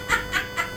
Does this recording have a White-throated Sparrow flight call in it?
no